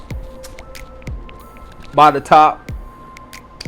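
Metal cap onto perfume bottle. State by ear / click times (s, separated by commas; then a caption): seated / 3.6 s. A metal cap is clicked onto a perfume bottle while someone talks over faint steady background tones. One sharp click lands at 3.6 s, and the cap snaps securely into place.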